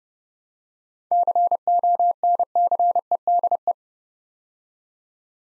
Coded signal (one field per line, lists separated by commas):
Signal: Morse code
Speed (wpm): 30 wpm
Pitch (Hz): 700 Hz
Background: none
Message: CONCEDE